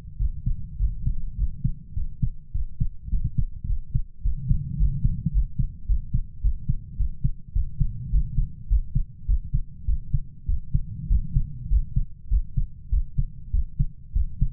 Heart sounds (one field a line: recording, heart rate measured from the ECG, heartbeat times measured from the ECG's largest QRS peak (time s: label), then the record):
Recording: heart sounds by stethoscope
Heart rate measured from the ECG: 103 bpm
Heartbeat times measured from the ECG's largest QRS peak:
0.20 s: heartbeat
0.80 s: heartbeat
1.38 s: heartbeat
1.96 s: heartbeat
2.55 s: heartbeat
3.12 s: heartbeat
3.69 s: heartbeat
4.25 s: heartbeat
4.80 s: heartbeat
5.34 s: heartbeat
5.89 s: heartbeat
6.44 s: heartbeat
6.99 s: heartbeat
7.56 s: heartbeat
8.13 s: heartbeat
8.70 s: heartbeat
9.28 s: heartbeat
9.88 s: heartbeat
10.49 s: heartbeat
11.10 s: heartbeat
11.71 s: heartbeat
12.31 s: heartbeat
12.92 s: heartbeat
13.54 s: heartbeat
14.16 s: heartbeat
From the record:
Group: healthy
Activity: rest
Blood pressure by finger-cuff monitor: 135/71 mmHg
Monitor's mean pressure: 88 mmHg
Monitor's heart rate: 103 bpm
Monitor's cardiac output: 8.8 L/min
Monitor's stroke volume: 86 mL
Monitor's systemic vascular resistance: 730 dyn s/cm5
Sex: male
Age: 21 years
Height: 175 cm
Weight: 72.6 kg